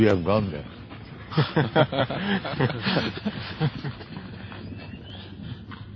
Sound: laughter

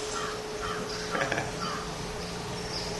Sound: laughs

